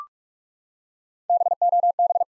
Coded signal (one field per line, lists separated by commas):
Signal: Morse code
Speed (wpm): 42 wpm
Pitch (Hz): 700 Hz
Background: none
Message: BOB